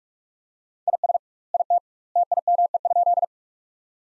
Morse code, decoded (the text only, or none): IS IT TIME?